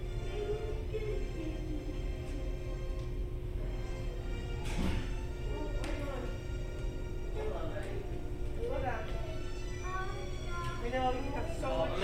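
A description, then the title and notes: Hotel lobby ambience with a steady low hum and a constant tone, voices chattering, and brief bright sounds near five and six seconds. Disneyland Hotel Fantasy Tower Binaural Ambience.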